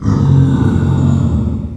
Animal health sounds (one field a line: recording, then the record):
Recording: squeal of a Yucatan mini pig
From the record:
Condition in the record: after surgery on the right vocal fold (resection and tissue-engineered implant)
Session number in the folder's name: 17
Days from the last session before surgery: 195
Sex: female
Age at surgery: 19 weeks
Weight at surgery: 25 kg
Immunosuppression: prednisolone